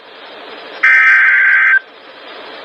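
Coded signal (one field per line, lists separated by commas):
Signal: Emergency Alert System (SAME) tones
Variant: header bursts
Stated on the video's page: Flood warnings received on NOAA Weather Radio.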